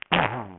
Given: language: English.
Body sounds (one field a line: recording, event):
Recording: throat vibration sensor signal played as sound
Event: throat clearing